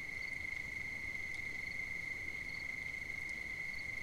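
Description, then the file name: A cricket's constant high trill runs without a break, accompanied by faint repeated higher chirps and a low steady hiss. At night on 5 September 2009. "20090905 night-crickets"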